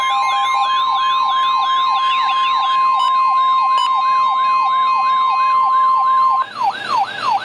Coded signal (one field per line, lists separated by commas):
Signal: Emergency Alert System (SAME) tones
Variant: 1050 Hz attention tone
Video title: Severe Thunderstorm Warning #10 - 09/19/13 (EAS #551)